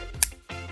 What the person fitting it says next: Hop, c'est clipsé et ça bouge plus.